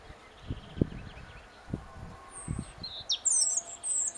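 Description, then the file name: European robin song: a high, thin drawn-out whistle, then rapid glittering high-pitched phrases of varied notes, over low dull thumps and rustling. "Erithacus rubecula"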